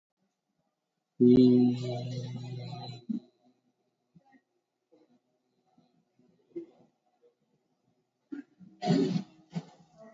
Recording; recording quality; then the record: sustained vowel as in beet; excellent, no background noise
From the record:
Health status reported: COVID-19 positive, no symptoms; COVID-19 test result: positive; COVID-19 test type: RT-PCR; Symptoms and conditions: fatigue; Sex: male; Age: 36 years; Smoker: no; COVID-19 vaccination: one dose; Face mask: worn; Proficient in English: yes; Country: India